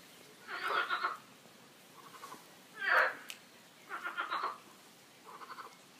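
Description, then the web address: Frogs croaking in several rattling bursts, one of them faint, with short quiet gaps between them. Several frogs croaking, described as quacking, in a park. "coincoin des grenouilles dans le parc"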